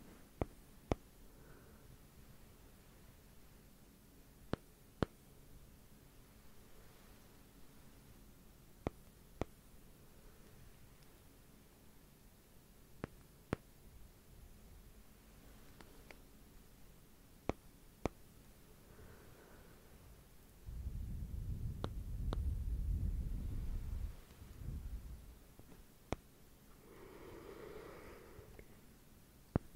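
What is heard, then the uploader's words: Sparse, sharp taps sound every few seconds, with a low breathy rush around twenty-two seconds and faint rustling. ASMR Slow Rhythmic Tapping & Breathing - no talking.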